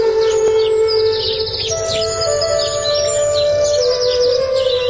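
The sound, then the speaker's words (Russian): Small birds sing on a clear, fresh morning with dew and a light breeze, in a busy, overlapping chorus of high chirps and quick trills, running steadily over a constant low droning hum, with no voices. “Ясное небо, утренняя свежесть, роса, ветерок и пение птичек наполняли сердце Лизы младенческой веселостью.”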